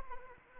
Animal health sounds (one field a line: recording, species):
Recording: mosquito wingbeat signal from an infrared sensor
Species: Anopheles arabiensis